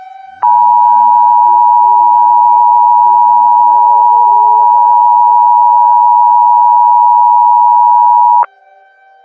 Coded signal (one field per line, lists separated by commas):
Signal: Emergency Alert System (SAME) tones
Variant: 853 and 960 Hz attention tone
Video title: EAS Scenario - Ashes to Ashes